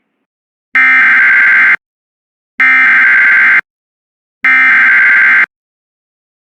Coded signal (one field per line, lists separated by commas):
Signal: Emergency Alert System (SAME) tones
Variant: header bursts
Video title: EAS #252 Flash Flood Warning